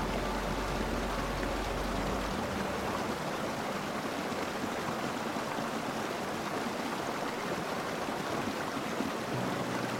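A waterfall rushes in a steady, dense hiss across the whole clip, with a low rumble fading out after about two seconds.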